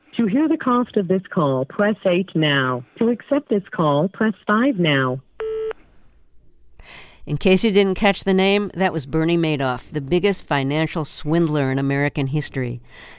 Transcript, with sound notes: To hear the cost of this call, press 8 now. To accept this call, press 5 now.
(SOUNDBITE OF BEEP)
In case you didn't catch the name, that was Bernie Madoff, the biggest financial swindler in American history.